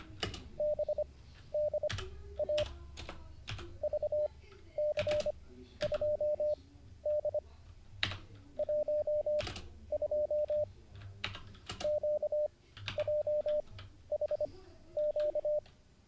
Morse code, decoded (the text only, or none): BDA VC2D 12 QJHQ